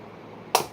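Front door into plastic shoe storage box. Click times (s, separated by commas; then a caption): 0.5 s. The plastic front door of a plastic shoe storage box is pressed into place. After a quiet stretch, a single sharp plastic snap is heard at 0.55 s and quickly fades. The door snaps home and is seated.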